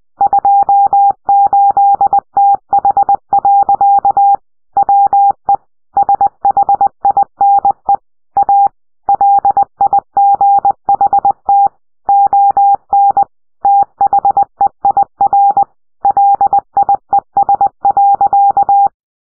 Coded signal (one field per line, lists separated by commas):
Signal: Morse code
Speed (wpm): 20 wpm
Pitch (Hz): 800 Hz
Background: none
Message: 28TH. WE SHINE A LIGHT ON THEIR LIES.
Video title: I found morse code in the files of thetruthlies (trailer tomorrow)